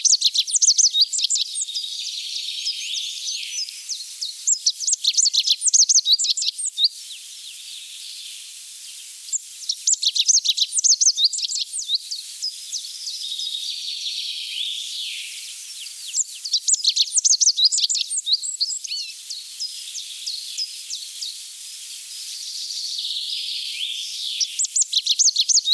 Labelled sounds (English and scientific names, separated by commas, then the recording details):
Rock Bunting (Emberiza cia) song
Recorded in the wild
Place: Südhang des Belchen / Schwarzwald, Baden-Württemberg, DE
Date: 1979-06-09
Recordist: Schwarz, Dieter